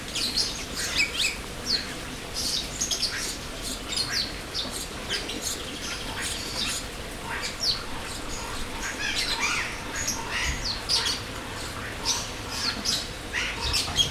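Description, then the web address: Birds chirping and tweeting, a dense overlapping chorus of short high calls and brief twittering phrases throughout, with a steady low background hum. Birds in an aviary at Jászberény Zoo, recorded in 2016. "allathangok jaszberenyizoo 2016 madarak ropde"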